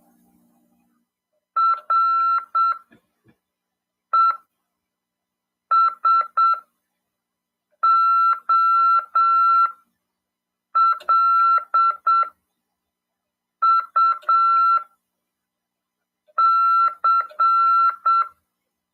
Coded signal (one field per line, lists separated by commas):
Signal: Morse code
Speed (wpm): 7 wpm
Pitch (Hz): 1350 Hz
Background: none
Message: RESOLUC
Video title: RADIOAMADOR 1ªEd. 6/12/2022 "AULA 40: CW, LEGIS e C.RODADA" FM 146.410 Mhz. PY2EXU PAULO CRASP/RAF.